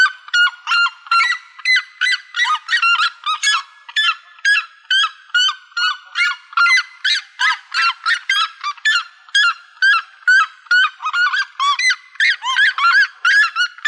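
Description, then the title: Bird calls: a continuous stream of nasal honking notes, roughly two or more per second, busy and overlapping, with brief squeaky inflections. "LuckyPassaros CompletosSama"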